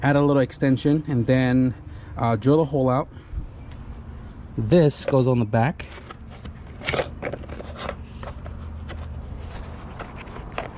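Someone talks while handling a fabricated bracket, lengthened with a small extension and a drilled hole, that goes into its mount on the back of an AWD CRX. Short, sharp knocks are heard at about 6.9, 7.3, 7.9 and 10.6 seconds. The bracket has not seated or clicked into place yet.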